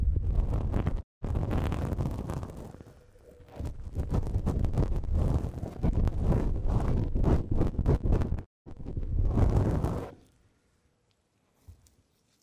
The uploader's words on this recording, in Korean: 마이크를 팁브러시로 슥슥 ASMR (feat. 라텍스장갑, no talking).